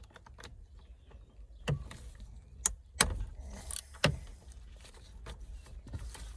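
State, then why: Released. A T30 Torx bit undoes the captive bolt that holds the airbag module in a Toyota RAV4 steering wheel. The bolt stays in place but lets go with sharp clicks at 2.7 s and 3.0 s, among quieter ratcheting and handling taps. The bolt is now undone, and the airbag has some slack.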